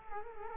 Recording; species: mosquito wingbeat signal from an infrared sensor; Culex quinquefasciatus